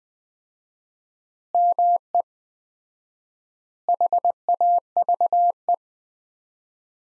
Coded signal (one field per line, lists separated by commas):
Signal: Morse code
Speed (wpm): 20 wpm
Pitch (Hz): 700 Hz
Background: none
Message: ME HAVE